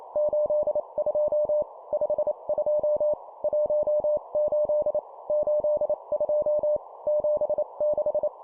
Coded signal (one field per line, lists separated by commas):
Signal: Morse code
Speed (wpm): 28 wpm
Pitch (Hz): 600 Hz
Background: none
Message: 82 52 18 82 76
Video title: 25wpm Two number words, morse code course